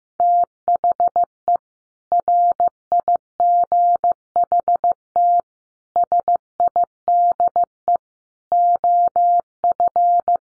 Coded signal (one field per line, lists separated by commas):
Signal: Morse code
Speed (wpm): 15 wpm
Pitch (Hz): 700 Hz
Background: none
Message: THE RIGHT SIDE OF